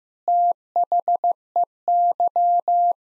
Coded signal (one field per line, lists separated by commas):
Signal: Morse code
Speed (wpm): 16 wpm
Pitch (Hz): 700 Hz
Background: none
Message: THEY